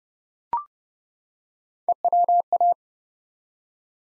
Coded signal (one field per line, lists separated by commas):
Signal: Morse code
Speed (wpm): 30 wpm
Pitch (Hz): 700 Hz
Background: none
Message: EWA